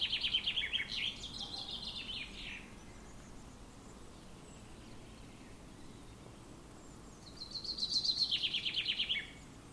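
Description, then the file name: Common chaffinch delivering two rapid, descending trilled phrases with a short end flourish, separated by about five seconds of quiet background noise. "Fringilla coelebs"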